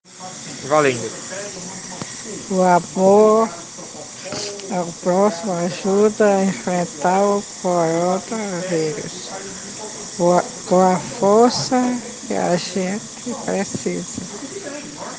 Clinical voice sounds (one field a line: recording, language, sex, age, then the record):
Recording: spoken sentence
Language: Brazilian Portuguese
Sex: female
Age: 70 to 79 years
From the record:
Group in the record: respiratory insufficiency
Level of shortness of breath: 5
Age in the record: 71 years